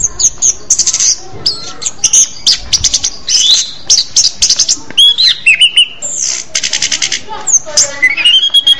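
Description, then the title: Orange-headed thrush song: quick high ticking notes mixed with looping whistles and a rising, twisting phrase near the end, loud and continuous. "Anis Merah"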